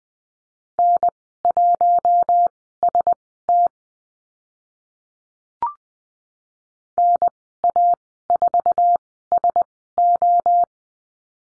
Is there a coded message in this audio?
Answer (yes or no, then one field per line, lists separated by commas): yes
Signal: Morse code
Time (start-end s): 0.8-10.6 s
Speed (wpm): 20 wpm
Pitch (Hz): 700 Hz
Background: none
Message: N1ST NA4SO